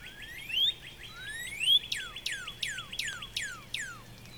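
Northern Cardinal singing loud upward-sweeping whistles, then a run of several clear downslurred notes, with a fast, steady trill from another bird beneath.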